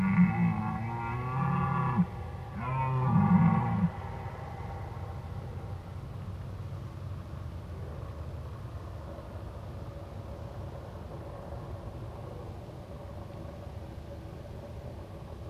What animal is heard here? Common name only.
Red Deer